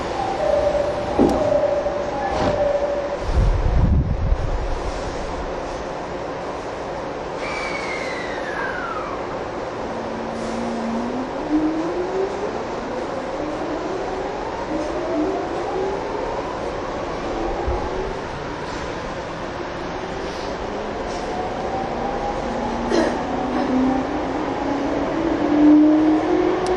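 A TWR 70-000 series train on a Saikyo Line rapid service runs with a steady, dense rumble throughout. A low thump comes near the fourth second, and from about ten seconds on, several motor whines climb in pitch together as the train accelerates, with scattered clicks and knocks.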